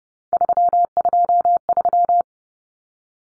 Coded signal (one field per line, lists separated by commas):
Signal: Morse code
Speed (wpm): 30 wpm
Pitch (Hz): 700 Hz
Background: none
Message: 323